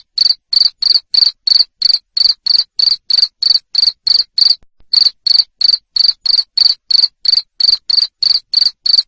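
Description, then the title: Cricket chirping, loud high pulses about three per second in a steady run, with one brief pause midway. Loud cricket chirping used to stimulate lovebirds to sing continuously. "Suara JANGKRIK NGERIK Keras Bikin LOVEBIRD Jadi NGEKEK Terus Vubey"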